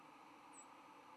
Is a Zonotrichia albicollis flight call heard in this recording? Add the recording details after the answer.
no. Another species' flight call is heard. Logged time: 08:21 on 10 November 2014